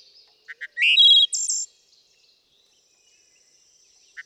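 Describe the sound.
Wood thrush song: soft paired notes, a rich fluted whistle and a high shimmering trill, then a pause and another soft start.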